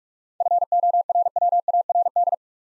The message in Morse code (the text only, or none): FORWARD